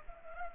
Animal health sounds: mosquito wingbeat signal from an infrared sensor; Culex pipiens

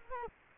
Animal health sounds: mosquito wingbeat signal from an infrared sensor; Culex quinquefasciatus

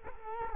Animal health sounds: mosquito wingbeat signal from an infrared sensor; Culex quinquefasciatus

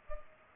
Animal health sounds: mosquito wingbeat signal from an infrared sensor; Culex pipiens

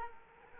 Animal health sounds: mosquito wingbeat signal from an infrared sensor; Culex quinquefasciatus

